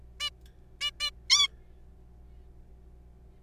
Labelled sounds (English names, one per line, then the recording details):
Zebra Finch
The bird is a juvenile
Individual R3428